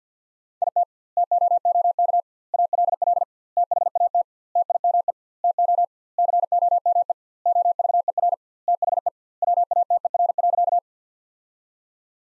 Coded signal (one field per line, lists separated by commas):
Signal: Morse code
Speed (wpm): 50 wpm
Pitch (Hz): 700 Hz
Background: none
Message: IT TOOK ALL THAT TIME TO COME OVER THE WATER.